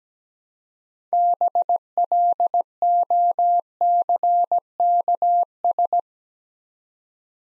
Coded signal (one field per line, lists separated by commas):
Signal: Morse code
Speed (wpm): 17 wpm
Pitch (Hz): 700 Hz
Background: none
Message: BLOCKS